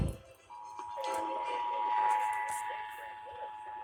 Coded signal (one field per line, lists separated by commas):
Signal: Emergency Alert System (SAME) tones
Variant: 853 and 960 Hz attention tone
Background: speech, music